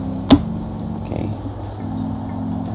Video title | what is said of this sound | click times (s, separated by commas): iPhone SE Water Damage Repair on Half Screen | Okay, heard that snap, and so this side is already working. | 0.3 s